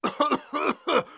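An adult man gives a quick series of short, harsh, voiced cough bursts in about one second, clearing his throat, with no wheeze or rattle. It is a sound effect.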